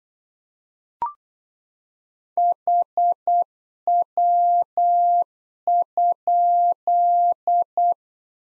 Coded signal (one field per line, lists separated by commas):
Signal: Morse code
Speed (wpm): 8 wpm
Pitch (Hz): 700 Hz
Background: none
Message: HW?